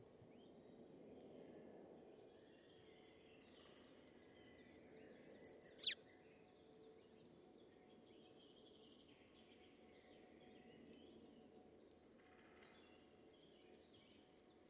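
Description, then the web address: Bird repeating quick, very high thin notes that accelerate and grow louder into a brief buzzy burst, then two further runs of high notes after short gaps. "birddata Deverinetal 2025 Bird Only"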